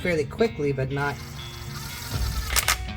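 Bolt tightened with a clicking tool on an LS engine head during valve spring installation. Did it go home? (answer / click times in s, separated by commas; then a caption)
yes / 2.7 s. A bolt on an LS engine head is snugged down during valve spring installation with a clicking tool set low, about 20 on its setting (called psi), rather than torqued to spec, because nothing special is being done. Someone talks, then the tool gives a short, sharp click at 2.7 s, leaving the bolt just a little snug.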